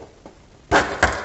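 A plastic glow plug harness boot on a 2014 Chevy Cruze Diesel is pulled straight off the top of the glow plug terminal. A loud broadband scraping burst starts around 0.7 s and is followed by a sharp pop at 1.0 s as the boot comes free. The boot is released from the terminal.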